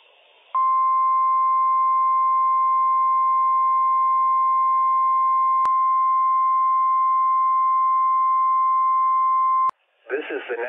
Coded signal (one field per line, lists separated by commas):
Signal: Emergency Alert System (SAME) tones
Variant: 1050 Hz attention tone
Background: speech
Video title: NWS PDT Required Weekly Test - WWF56 - EAS #113 - 10:42 AM PDT 6/9/21